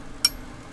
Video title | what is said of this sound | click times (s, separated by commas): Ultimate RIA Tac Ultra build Takedown | we go that's our spot and then there goes you turn it until it clicks | 0.2 s